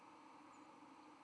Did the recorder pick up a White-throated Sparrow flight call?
yes